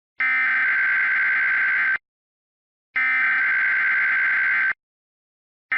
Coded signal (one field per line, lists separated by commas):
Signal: Emergency Alert System (SAME) tones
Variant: header bursts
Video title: EAS Mock: Just a Standard Required Monthly Test